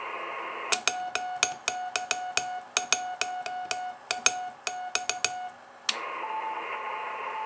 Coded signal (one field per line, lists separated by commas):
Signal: Morse code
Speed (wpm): 15 wpm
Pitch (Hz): 730 Hz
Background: none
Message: PY1AX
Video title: YL3AJT CW QSO TS130S #py1ax #cw ##dx